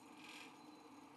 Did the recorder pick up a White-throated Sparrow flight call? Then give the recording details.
no. No flight call is heard. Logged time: 02:56 on 5 December 2014